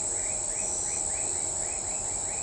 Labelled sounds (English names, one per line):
none